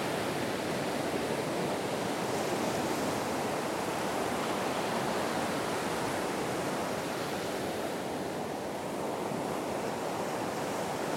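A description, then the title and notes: Waves at a beach make a steady, dense roar of rushing water, full from low rumble to bright hiss, unchanging throughout. Relaxing Waves at the Beach.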